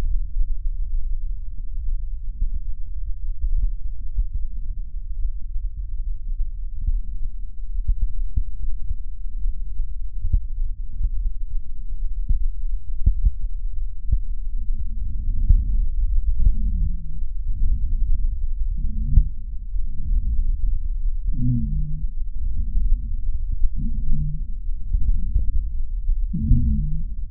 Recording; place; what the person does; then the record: lung sounds by stethoscope; right posterior apical chest; quiet breathing, then deep breathing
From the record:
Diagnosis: interstitial lung disease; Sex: female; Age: 72 years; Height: 153 cm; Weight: 71 kg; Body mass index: 30.3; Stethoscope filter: bell mode